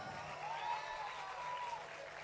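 Steady audience applause, a dense wash of clapping that holds at an even level throughout, with a faint whistle-like tone gliding through the middle of it.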